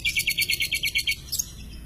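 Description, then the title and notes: Long-tailed shrike song: a quick run of about ten evenly repeated high, sharp notes, ending in one brief squeak. Masteran recording of assorted chirping birdsong, used for training songbirds. "cendet_05. Bermacam macam suara kicauan burung Masteran"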